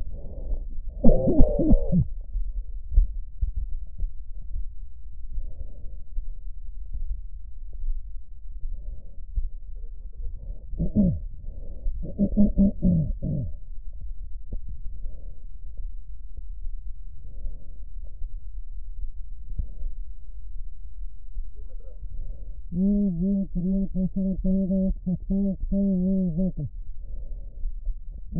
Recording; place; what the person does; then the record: lung sounds by stethoscope; right posterior basal chest; quiet breathing, then cough and speech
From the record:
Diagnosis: pulmonary infection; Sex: female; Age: 74 years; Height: 160 cm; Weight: 66 kg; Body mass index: 25.8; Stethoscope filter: extended mode